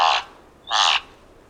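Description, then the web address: Thick-billed raven producing two harsh, hoarse caws about half a second apart, the second introduced by a brief thin whistle. "Thick billed raven. دانلود-صدای-پرنده-غراب-نوک-کلفت"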